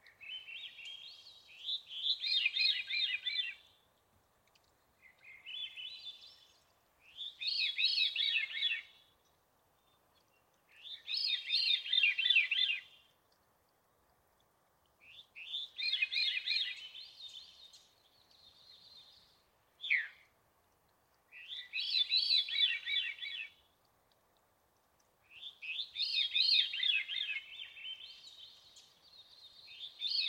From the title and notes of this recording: Veery, Catharus Fuscescens. It turns out it's a Veery, a close relative of the Swainson's Thrush and Hermit Thrush.